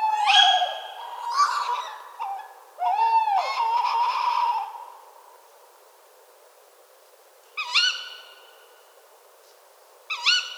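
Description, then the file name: Tawny owl calls: harsh, wavering notes and a drawn-out quavering phrase in the first five seconds, then two short sharp rising calls near eight and ten seconds. A pair, recorded in a park at Cîteaux on 30 December 2013 at 17:40. "Chouette-hulotte Couple 20131230 1740 Citeaux-parc"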